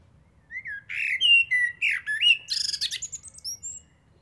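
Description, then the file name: Eurasian blackbird singing one phrase of rich, mellow whistles that slide up and down, ending in a fast, scratchy, high-pitched twitter. "Turdus merula"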